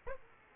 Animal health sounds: mosquito wingbeat signal from an infrared sensor; Aedes aegypti

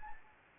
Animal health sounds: mosquito wingbeat signal from an infrared sensor; Anopheles gambiae

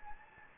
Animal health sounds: mosquito wingbeat signal from an infrared sensor; Anopheles gambiae

